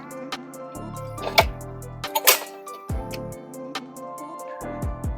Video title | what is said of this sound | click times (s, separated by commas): Efoldi Explorer vs Lite Mobility Scooter – Honest Comparison & Verdict! | set it in like this and it'll you'll hear it click into place. | 1.4 s